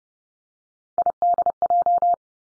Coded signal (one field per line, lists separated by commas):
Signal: Morse code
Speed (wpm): 30 wpm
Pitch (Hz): 700 Hz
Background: none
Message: IDJ